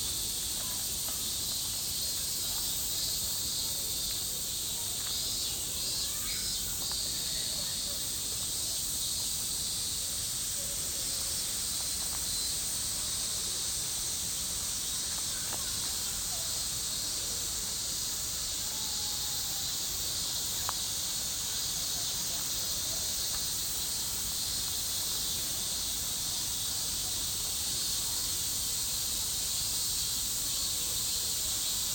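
Cicadas drone without pause, a dense, steady, high shrill that holds the same level for the whole half minute. Beneath it runs a low, even rustle of swaying trees. A few faint short chirps and ticks surface now and then, around six, fifteen and twenty seconds.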